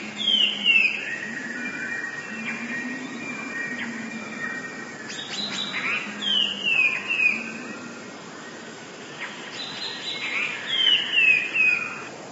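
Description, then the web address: Eurasian blue tit singing high, thin notes that slide downward, in brief phrases separated by quiet gaps, with steady background hiss. "wroblowe teka 2 spiew 28. modraszkoteka"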